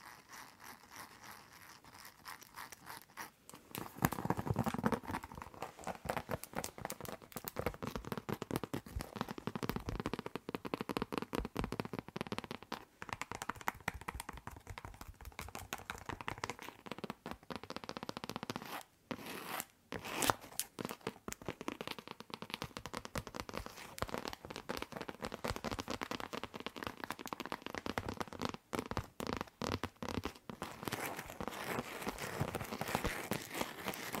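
Long nails tap and scratch in a dense, crackly flurry that starts after a few quiet seconds and continues steadily with quick clicks.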